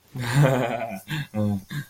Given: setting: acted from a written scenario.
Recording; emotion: vocal sound without words; amusement